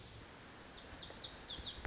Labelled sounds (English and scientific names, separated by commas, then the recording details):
Lazuli Bunting (Passerina amoena)
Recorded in Sonoma County, California